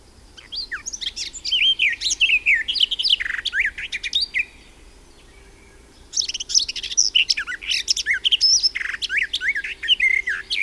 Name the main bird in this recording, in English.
Garden Warbler